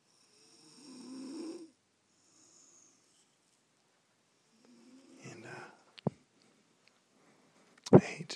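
A sleeping adult woman snoring around midnight in a back room: two soft, low, rattling snores about four seconds apart, each lasting around a second, with quiet pauses between. The snoring was louder a minute earlier and has calmed down. It comes from vibration in the upper airway during sleep. Sharp clicks and thumps near the end come from movement or handling.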